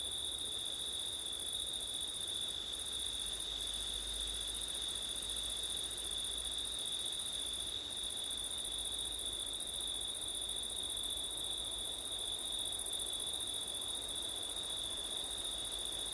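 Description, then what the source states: Crickets trill without pause for the whole stretch, a bright high band over a higher shimmering one, with a few brief gaps in the upper layer. September night, with wind; ortif recording.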